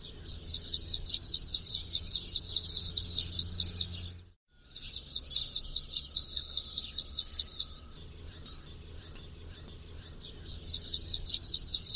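Bird giving long runs of quick, high, repeated chirping notes that stop and restart, with a short silent break and softer twittering in the gaps.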